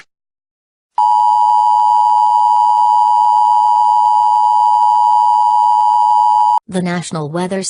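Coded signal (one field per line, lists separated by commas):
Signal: Emergency Alert System (SAME) tones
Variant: 853 and 960 Hz attention tone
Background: speech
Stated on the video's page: Fan-made recreation of a fictional weather service alert.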